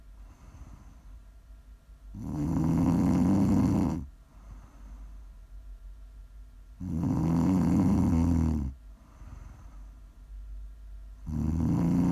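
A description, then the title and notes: Loud snoring comes in slow rasping bursts about every four to five seconds, separated by quieter breathing between snores. Prime ASMR snoring.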